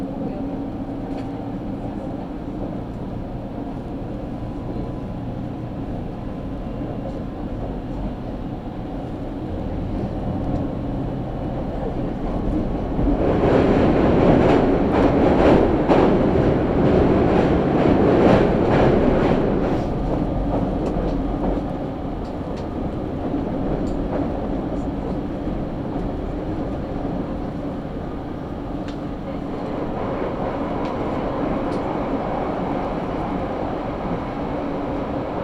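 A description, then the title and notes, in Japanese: A train runs along the Karatsu and Nagasaki main lines, its steady low rumble filling the clip. From about 13 to 20 seconds the sound swells into a louder, rattling stretch with quick clicks and clatter. Afterward it settles back to the even running drone. 唐津線・長崎本線 佐賀→久保田→肥前山口。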